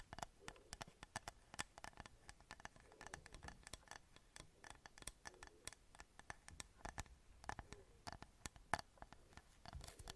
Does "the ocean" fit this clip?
no